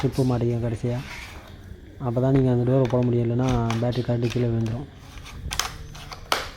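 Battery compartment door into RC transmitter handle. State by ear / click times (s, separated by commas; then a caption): seated / 6.3 s. A man talks while a plastic battery door is pushed into the handle of a Flysky FS-GT2 RC transmitter after AA batteries are loaded into its battery bay. A few light handling ticks come around 5.5 to 5.6 seconds, then the door latches with a sharp click at 6.3 seconds, and it is locked in place.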